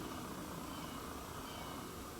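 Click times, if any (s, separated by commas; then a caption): none. A steel MP550 foothold trap is handled while being set in very cold conditions for a dirt hole set, as the night latch on the pan and dog is about to be engaged. Only a steady, even broadband hiss with low rumble is heard, with no sharp transients. Nothing has clicked or seated yet.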